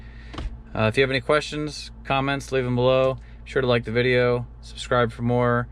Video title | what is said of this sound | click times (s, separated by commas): Ford E450 Class C Motorhome Navigation Stereo Upgrade - Minnie Winnie | so all I have to do now just push this straight back in here and we'll click into place | 0.4 s